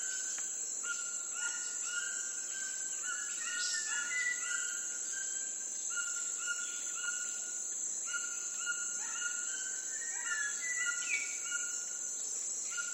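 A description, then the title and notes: Rainforest ambience with a steady, high insect drone running unbroken through the whole stretch. Birds chirp and whistle often over it, in short bright phrases that cluster around four and eleven seconds. A soft, even hiss sits underneath. The final half of the episode comprises of rainforest ambience to serve as a tribute to the lungs of our planet.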